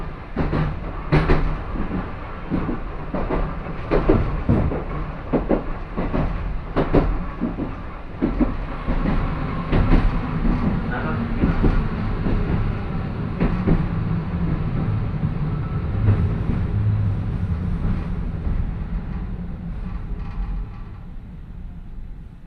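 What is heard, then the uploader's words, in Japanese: A train with old-style suspended traction motors growls steadily, low rumble throughout, punctuated by frequent sharp rail clacks and rattles, especially early on. 万葉線 高岡駅→越ノ潟。電車は吊りかけモーターなので中々の唸りをあげています。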